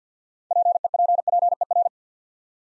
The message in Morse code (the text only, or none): PEPPER